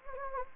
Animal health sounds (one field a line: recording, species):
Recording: mosquito wingbeat signal from an infrared sensor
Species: Anopheles gambiae